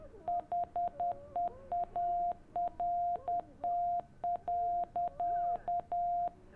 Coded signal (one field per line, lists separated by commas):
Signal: Morse code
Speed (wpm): 10 wpm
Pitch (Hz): 700 Hz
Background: none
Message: HEART.